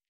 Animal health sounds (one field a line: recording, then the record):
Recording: hydrophone in a shrimp aquaculture tank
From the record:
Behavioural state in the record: normal